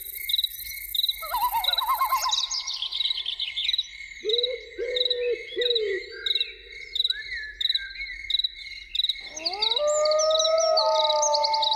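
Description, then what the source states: Loon calls: a quavering tremolo, a lower wavering call, then a rising drawn-out wail, over insect pulses and chirping birds. Evening soundscape with loons.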